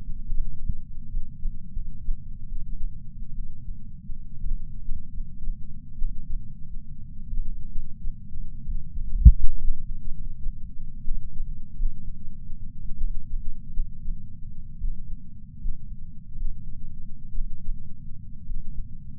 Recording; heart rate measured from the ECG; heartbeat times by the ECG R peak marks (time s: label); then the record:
heart sounds by patch sensor on the chest; 69 bpm
0.25 s: heartbeat
1.07 s: heartbeat
1.69 s: heartbeat
2.45 s: heartbeat
3.31 s: heartbeat
4.39 s: heartbeat
5.09 s: heartbeat
5.95 s: heartbeat
7.25 s: heartbeat
7.97 s: heartbeat
8.63 s: heartbeat
9.57 s: heartbeat
10.11 s: heartbeat
11.03 s: heartbeat
11.73 s: heartbeat
12.95 s: heartbeat
13.71 s: heartbeat
14.77 s: heartbeat
15.57 s: heartbeat
16.33 s: heartbeat
17.29 s: heartbeat
18.43 s: heartbeat
From the record:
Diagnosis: coronary artery disease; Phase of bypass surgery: postoperative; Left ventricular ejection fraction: 41.5%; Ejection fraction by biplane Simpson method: 34.6%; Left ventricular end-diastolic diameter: 67 mm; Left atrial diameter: 53 mm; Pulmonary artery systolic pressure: 24 mmHg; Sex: male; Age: 61 years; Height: 174 cm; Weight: 80 kg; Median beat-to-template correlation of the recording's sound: 0.54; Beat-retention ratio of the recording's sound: 0.99